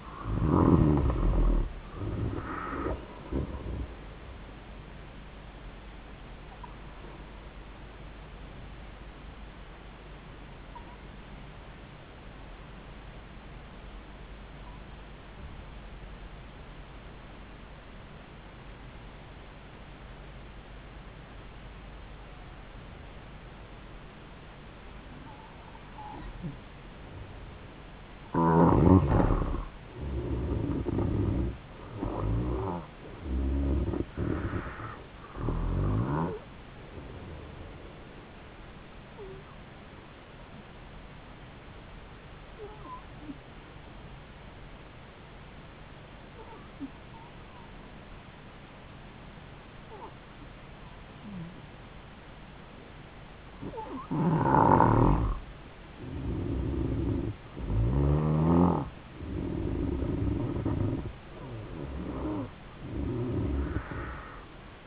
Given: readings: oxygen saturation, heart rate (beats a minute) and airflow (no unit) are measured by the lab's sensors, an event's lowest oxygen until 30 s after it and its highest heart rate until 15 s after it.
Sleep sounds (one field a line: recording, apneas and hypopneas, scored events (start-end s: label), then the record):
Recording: breathing in sleep by a voice recorder at the bedside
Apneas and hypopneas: 2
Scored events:
9.00-39.00 s: new sleep stage, N3 (deep sleep)
14.00-33.10 s: hypopnea (N3, oxygen 96% highest, then 90% lowest, heart rate 68 at the start, 80 highest)
39.00-64.87 s: new sleep stage, N2 (light sleep)
42.00-57.80 s: hypopnea (N2, oxygen 95% highest, then 90% lowest, heart rate 74 at the start, 76 highest)
From the record:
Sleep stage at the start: N2 (light sleep)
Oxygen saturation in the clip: 90 to 96%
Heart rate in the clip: 68 to 80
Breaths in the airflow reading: 13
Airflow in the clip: -8.3 to 9.2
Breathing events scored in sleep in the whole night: 270 in 6.1 hours asleep